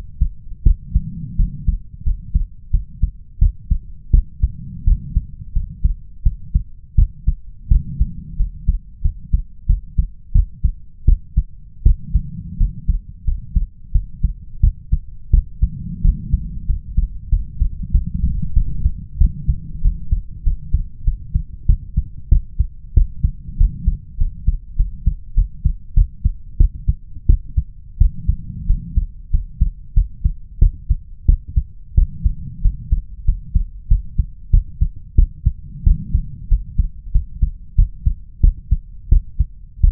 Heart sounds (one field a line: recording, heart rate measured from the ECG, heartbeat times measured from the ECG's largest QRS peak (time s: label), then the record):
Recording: heart sounds by stethoscope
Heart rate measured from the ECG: 90 bpm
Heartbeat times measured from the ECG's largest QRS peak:
0.63 s: heartbeat
1.36 s: heartbeat
2.03 s: heartbeat
2.70 s: heartbeat
3.38 s: heartbeat
4.10 s: heartbeat
4.84 s: heartbeat
5.52 s: heartbeat
6.23 s: heartbeat
6.95 s: heartbeat
7.68 s: heartbeat
8.36 s: heartbeat
9.01 s: heartbeat
9.66 s: heartbeat
10.32 s: heartbeat
11.05 s: heartbeat
11.83 s: heartbeat
12.57 s: heartbeat
13.24 s: heartbeat
13.92 s: heartbeat
14.60 s: heartbeat
15.30 s: heartbeat
16.01 s: heartbeat
16.66 s: heartbeat
17.29 s: heartbeat
17.91 s: heartbeat
18.53 s: heartbeat
19.17 s: heartbeat
19.81 s: heartbeat
20.43 s: heartbeat
21.04 s: heartbeat
21.66 s: heartbeat
22.28 s: heartbeat
22.93 s: heartbeat
23.57 s: heartbeat
24.17 s: heartbeat
24.76 s: heartbeat
25.34 s: heartbeat
25.94 s: heartbeat
26.57 s: heartbeat
27.26 s: heartbeat
27.97 s: heartbeat
28.66 s: heartbeat
29.30 s: heartbeat
29.93 s: heartbeat
30.58 s: heartbeat
31.25 s: heartbeat
31.94 s: heartbeat
32.61 s: heartbeat
33.24 s: heartbeat
33.87 s: heartbeat
34.50 s: heartbeat
35.15 s: heartbeat
35.83 s: heartbeat
36.48 s: heartbeat
37.11 s: heartbeat
37.75 s: heartbeat
38.40 s: heartbeat
39.08 s: heartbeat
39.80 s: heartbeat
From the record:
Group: healthy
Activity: cold pressor test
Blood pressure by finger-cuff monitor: 131/91 mmHg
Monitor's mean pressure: 104 mmHg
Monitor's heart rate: 90 bpm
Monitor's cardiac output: 6.6 L/min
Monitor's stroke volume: 73 mL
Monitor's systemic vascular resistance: 1160 dyn s/cm5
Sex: male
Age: 21 years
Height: 180 cm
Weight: 67.5 kg